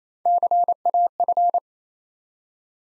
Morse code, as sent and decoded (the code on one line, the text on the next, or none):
-.-. .- ..-.
CAF